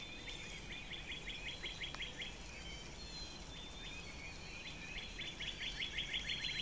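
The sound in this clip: Northern Cardinal song: fast trilled series of slurred whistles, repeated in two bursts.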